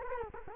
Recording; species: mosquito wingbeat signal from an infrared sensor; Culex quinquefasciatus